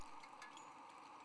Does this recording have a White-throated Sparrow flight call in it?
no